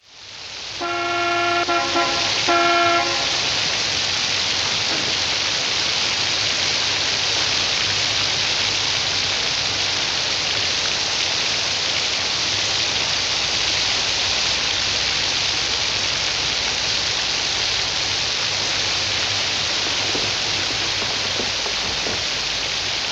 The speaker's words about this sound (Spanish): Pues cuando va huyendo, de repente se lía a llover fuerte.